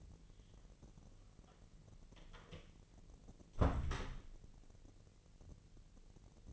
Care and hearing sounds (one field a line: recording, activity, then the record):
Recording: daily activity, microphone in the room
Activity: close door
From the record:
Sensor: 4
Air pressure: 1002.2 hPa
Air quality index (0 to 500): 249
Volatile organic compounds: 41 ppm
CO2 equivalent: 3170 ppm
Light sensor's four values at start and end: 9/19/7/7 and 9/21/8/7